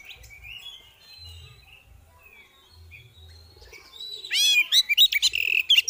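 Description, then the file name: Oriental magpie-robin bursting into quick shrill chirps and buzzy rattles near the end, preceded by soft background whistles and repeated low cooing. Female kacer (Oriental magpie-robin) calling in the ngeriwik and ngeplong styles; recording intended as bird therapy audio. "Terapi Suara Burung Kacer Betina Ngeriwik Ngeplong"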